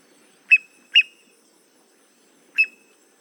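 Boat-tailed grackle calls: three short, sharp notes, the first two close together and the third after a pause of about a second and a half.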